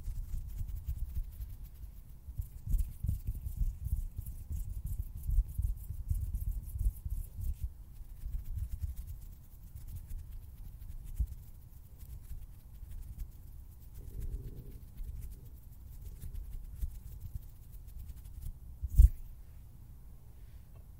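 Hand sounds fill most of the recording: a dense, low, fluttering rumble of finger movements that comes in uneven bursts through the first half and then thins out. Near the end, around nineteen seconds, a single sharp, bright snap stands out.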